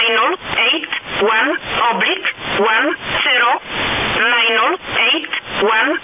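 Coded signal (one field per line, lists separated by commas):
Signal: numbers station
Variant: E11a (Oblique)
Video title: Numbers Station E11a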